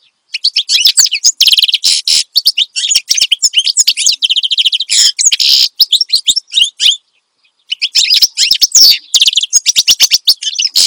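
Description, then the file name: Finch song: dense, rapid chattering phrases of high trills and buzzy notes, with a brief pause near seven seconds before the bursts resume. Energetic ('gacor') finch song, presented as suitable for tutoring songbirds (masteran). "Suara Kicauan Burung Finch Gacor Dor Cocok Untuk Masteran"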